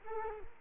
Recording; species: mosquito wingbeat signal from an infrared sensor; Culex quinquefasciatus